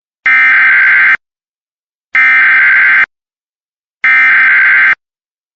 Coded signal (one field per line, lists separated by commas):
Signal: Emergency Alert System (SAME) tones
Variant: header bursts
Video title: EAS Compilation of Only Civil (Non-Weather) Alerts Vol. 1